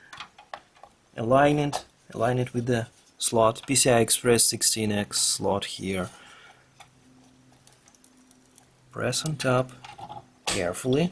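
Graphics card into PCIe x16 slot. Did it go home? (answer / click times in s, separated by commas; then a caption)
no / none. A graphics card is lined up over the PCI Express x16 slot before being pressed down, while someone talks. Light handling taps are heard near the start and a few faint ticks around 7.7 to 8.6 s. Nothing has seated or clicked yet.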